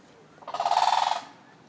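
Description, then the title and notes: Toucan call: a rapid, pulsed, grating croak lasting under a second, about a dozen quick beats, over faint background hiss. "Day 15 - #AudioMo - Toucan (archive)"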